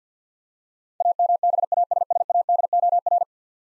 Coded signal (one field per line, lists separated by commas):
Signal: Morse code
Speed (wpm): 50 wpm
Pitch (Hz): 700 Hz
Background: none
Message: AMBASSADOR